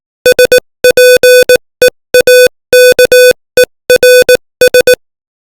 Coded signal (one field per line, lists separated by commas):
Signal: Morse code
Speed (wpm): 18 wpm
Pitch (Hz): 500 Hz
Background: music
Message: SPEAKERS